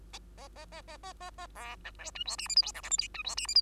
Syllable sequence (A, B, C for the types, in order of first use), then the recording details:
A A A A A A A B C D E F G H I J K L M N E F G H I. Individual Bird2